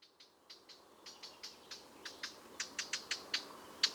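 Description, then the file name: Eurasian blackcap tac calls starting soft and growing louder, dry clicks repeated about four times a second. "Sylvia atricapilla"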